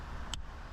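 With its locking tab held down, a plastic wiring-harness connector is pulled out of its socket inside the front door of a 2015 Audi S5. Over a steady low hum, one sharp, bright snap rings out at 0.3 s as the connector pops free. The connector is released from the door.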